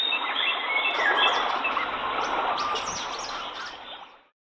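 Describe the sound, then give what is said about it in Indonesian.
A dense chorus of birds chirping and tweeting, many high, quick calls overlapping in a steady busy stream that holds for about four seconds before cutting off. No voices. “Anak hebat, kalian bisa menirukan suara burung berkicau.”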